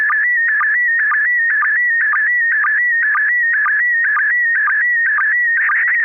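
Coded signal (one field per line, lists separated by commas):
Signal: SSTV (slow-scan television)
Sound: warbling, chirping tone sweeping up and down, with a rhythmic low blip about twice a second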